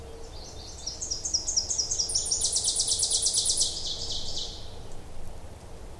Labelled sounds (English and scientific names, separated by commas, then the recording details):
Ovenbird (Seiurus aurocapilla) song
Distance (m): 35 m
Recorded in boreal forest in Alberta, Canada, on 26 May 2016 at 08:06
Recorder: SongMeter 3, array SBT-3-15
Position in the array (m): 40 m, 230 m
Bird 20